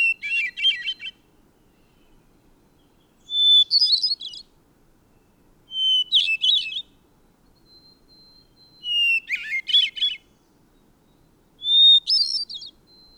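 Bird singing five short phrases roughly every three seconds, each opening with a pure high whistle and breaking into a rapid chattering, buzzy flourish; otherwise quiet.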